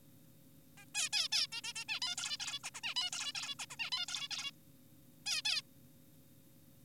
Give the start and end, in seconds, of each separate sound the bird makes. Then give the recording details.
0.78-0.85, 0.95-1.09, 1.13-1.28, 1.32-1.47, 1.52-1.61, 1.64-1.73, 1.76-1.85, 1.88-2.00, 2.02-2.16, 2.18-2.37, 2.40-2.60, 2.64-2.70, 2.74-2.81, 2.84-2.94, 2.96-3.10, 3.13-3.32, 3.35-3.55, 3.60-3.66, 3.70-3.76, 3.80-3.90, 3.92-4.06, 4.08-4.28, 4.31-4.51, 5.27-5.42, 5.45-5.62. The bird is an adult. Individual g4p5U